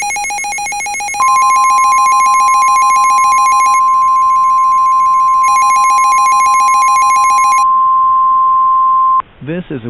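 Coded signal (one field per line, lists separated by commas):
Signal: Emergency Alert System (SAME) tones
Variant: 1050 Hz attention tone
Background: speech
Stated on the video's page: Mock EAS SAME header for a fictional springtime snowstorm scenario, with valid tones; not a real alert.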